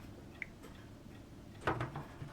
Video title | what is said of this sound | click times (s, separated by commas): The Model Ship - Part 1960 | then now this one is locked in place. | 0.4 s